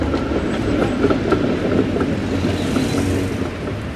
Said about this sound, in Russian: Проезжает трамвай.